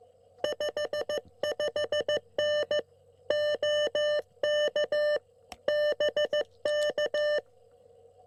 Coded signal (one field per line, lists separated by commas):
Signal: Morse code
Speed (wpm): 15 wpm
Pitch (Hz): 1800 Hz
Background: none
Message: 55N OK BK